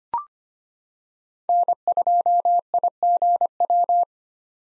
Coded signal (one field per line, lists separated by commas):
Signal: Morse code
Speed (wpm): 25 wpm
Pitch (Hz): 700 Hz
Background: none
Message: N2IGW